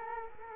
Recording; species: mosquito wingbeat signal from an infrared sensor; Culex quinquefasciatus